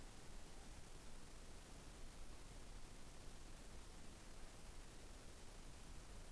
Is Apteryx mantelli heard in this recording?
no